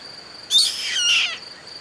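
Bird giving a single harsh, rasping call lasting under a second, broad and noisy with layered bands, over a steady high-pitched whine.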